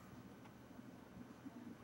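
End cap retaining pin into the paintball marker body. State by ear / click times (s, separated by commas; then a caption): not seated / none. On a Tippmann Crossover XVR paintball marker, the end cap is held against the marker body while the holes in the cap and body are lined up for the retaining pin before it is pushed through. Only a steady low background rumble with faint handling sounds is heard. Nothing has seated or clicked yet.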